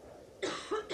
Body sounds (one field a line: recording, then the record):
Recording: coughing mixed with background sound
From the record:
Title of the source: female coughing - coughing sound effects girl